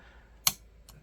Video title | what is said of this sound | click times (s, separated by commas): Ruger Wrangler - Detailed Disassembly/Reassembly. | and go till it snaps in place give a little tug to be sure | 0.5 s